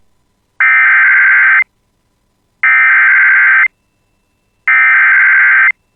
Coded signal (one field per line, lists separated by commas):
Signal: Emergency Alert System (SAME) tones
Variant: header bursts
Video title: [EAS] Severe Thunderstorm Warning for Gully, North Clearwater, and Red Lake Nation (6/10/2026)